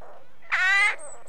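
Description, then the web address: A single rook caw, a short, nasal, harsh call lasting under half a second, followed by a faint high whine. Rookery with nests; birds at a breeding colony. "BBC Sound Effects Library. Rookery"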